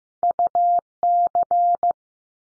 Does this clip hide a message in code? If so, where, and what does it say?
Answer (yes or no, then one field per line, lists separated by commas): yes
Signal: Morse code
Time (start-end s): 0.2-1.9 s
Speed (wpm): 15 wpm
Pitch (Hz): 700 Hz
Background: none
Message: U C